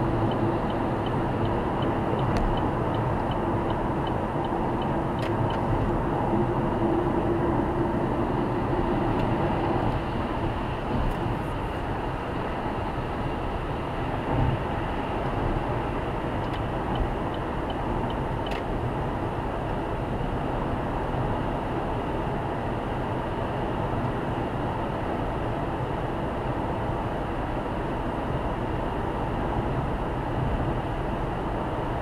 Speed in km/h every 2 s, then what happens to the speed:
110, 112, 111, 109, 110, 114, 118, 121, 122, 125, 126, 127, 125, 125, 126, 124.
0-7 steady at about 110. 7-21 speeds up to 127. 21-32 steady at about 125.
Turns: none.